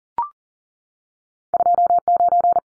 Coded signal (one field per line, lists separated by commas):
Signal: Morse code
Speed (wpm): 40 wpm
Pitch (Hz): 700 Hz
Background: none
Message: 29